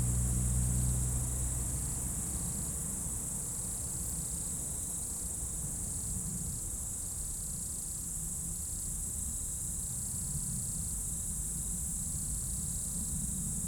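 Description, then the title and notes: Insects in a steady, piercing high chorus with rhythmic bursts of lower buzzing; a vehicle rumbles at the start, then fades to a low background drone. Insects in roadside bank and trees at dusk, first hairpin bend of Col du Chat road, Bourdeau, France; a few vehicles; Tascam DAP1 DAT, from 2006 CD-R. "Dans la première épingle de la route du col du Chat à Bourdeau, insectes dans le talus et les arbres au crépuscule, avion, quelques véhicules. Enregistreur Tascam DAP1 DAT, extrait d'un CDR gravé en 2006."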